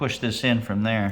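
A vinyl/laminate click-lock floor plank is being pushed into the adjoining row after its butt end has been set. Someone talks throughout the 1.2-second clip, and no distinct impact sounds stand out. Nothing has seated or clicked yet.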